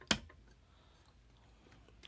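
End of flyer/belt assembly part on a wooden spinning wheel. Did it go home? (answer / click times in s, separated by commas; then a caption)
yes / 0.1 s. The other end of a flyer/belt assembly part is pushed onto a wooden Ashford spinning wheel until it clicks into place at 0.1 s with one loud, sharp snap. Only faint small ticks follow in an otherwise quiet background, and the part is seated.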